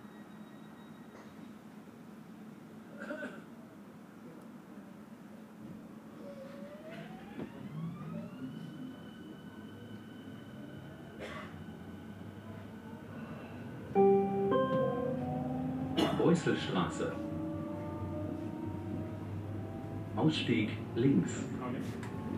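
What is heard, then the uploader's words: An S-Bahn train hums low and steady as a rising electric whine climbs and holds, with clanks and a louder rumble after fourteen seconds. Relaxing Circuit on Berlin's Ringbahn. Authentic audio recording of this unique S-Bahn trip. The gentle rhythm of the train and the subtle sounds of the city.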